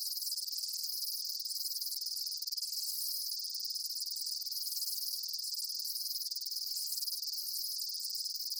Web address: Blastwave INSECTS Amb Day Insects. ambience insects chirps day bugs